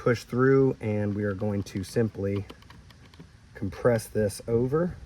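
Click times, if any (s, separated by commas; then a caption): none. Someone talks while a plastic retaining keeper clip on the headlight assembly of a 1996–2002 third-generation Toyota 4Runner is compressed over its mount and pushed in. A few faint, brief taps come during a pause around 2.7–3.1 s. The clip has not seated or clicked yet.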